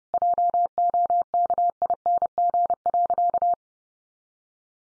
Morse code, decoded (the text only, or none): JOKING.